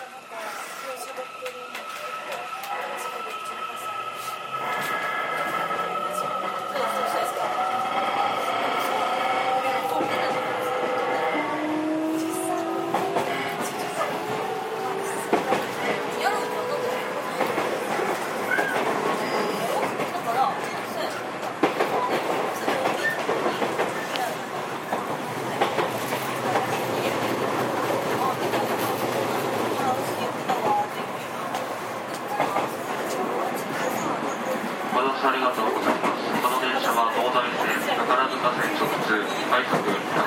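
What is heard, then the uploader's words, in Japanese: A JR 207 series train running between Kyobashi and Takarazuka, with its motor whine rising and falling in pitch as it accelerates through the first fifteen seconds. Afterwards a steady, dense rumble of wheels on rail continues, and faint voices sound throughout. JR207系 京橋〜宝塚。JR東西線、宝塚線の区間で録音しました。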